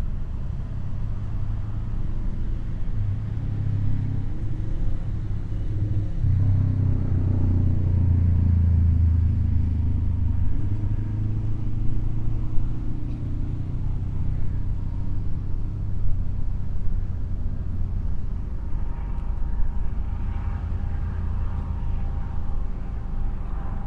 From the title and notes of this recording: Soundscape dominated by three helicopters circling overhead and to the southwest of the Lake Biwa shoreline in Kusatsu. Audio was captured by a Sony PCM-M10 recorder and two Micbooster Clippy omnidirectional mics attached to a bicycle handelbar bag for a quasi-binaural sound image.